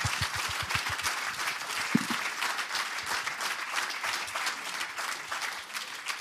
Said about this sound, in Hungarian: És nagyon köszönöm azoknak a bátor előadó művészeknek, akik vállalták a fellépést a rendezvényünkön. Egy tapsot innen nekik, köszönöm.